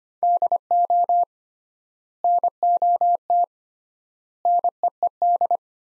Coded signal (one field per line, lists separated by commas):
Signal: Morse code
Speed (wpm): 25 wpm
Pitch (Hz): 700 Hz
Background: none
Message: DO NOT NEED